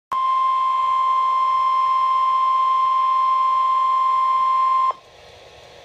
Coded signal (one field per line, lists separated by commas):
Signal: Emergency Alert System (SAME) tones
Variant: 1050 Hz attention tone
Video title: Severe Thunderstorm Warning - EAS #375